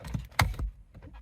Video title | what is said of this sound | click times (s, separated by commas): How to Remove & Install Steering Wheel in VW PASSAT B5.5! | and I just heard it click on both sides | 0.4 s